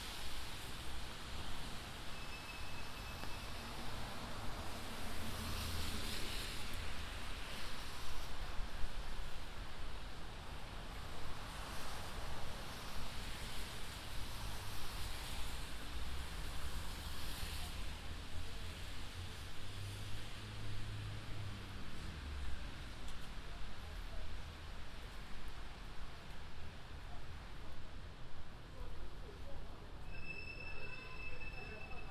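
A binaural recording of a trip from Sunset Park to Harlem. A dense, steady vehicle roar fills all of it, with low rumbling that swells and shifts and brighter hissing surges around 6–9 and 15–17 seconds. Thin, high squealing tones appear near the end.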